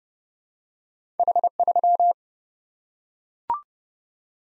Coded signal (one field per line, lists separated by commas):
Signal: Morse code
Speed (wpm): 30 wpm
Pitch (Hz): 700 Hz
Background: none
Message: H3